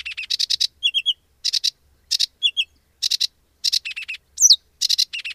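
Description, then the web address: Sedge warbler song mixing grating chattering bursts with short clear whistled trills and a sharp high note, delivered in rapid, varied phrases. "agykontroll Madardalok Cd 3. Foltos nádiposzáta"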